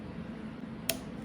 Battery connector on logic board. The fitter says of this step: You're gonna run the paperclip tool along the back side until you hear that click.